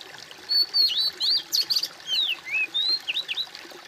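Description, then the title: Bird song made of bright whistled notes, mixing level tones with quick down-up slurs, delivered in a lively continuous phrase over faint hiss. "kOMPILASI suara bird"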